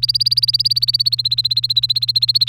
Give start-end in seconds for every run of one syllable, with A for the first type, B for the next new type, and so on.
0.00-2.48 A